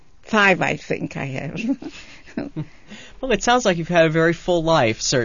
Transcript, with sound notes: five, I think I have. ( they laugh )
Well, it sounds like you've had a very full life, certainly.